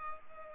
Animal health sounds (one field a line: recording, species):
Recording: mosquito wingbeat signal from an infrared sensor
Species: Culex pipiens